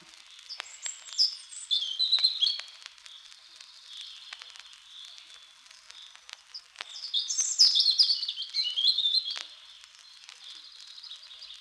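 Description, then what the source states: European Robin song: two separate high, fluid warbling phrases of trilled and tinkling notes with a quiet pause between, against a background of faint clicks and crackle. Sings from the top of a small spruce, sunlight on its rusty-red breast; in the evening its song keeps sounding long in the quickly quietening forest.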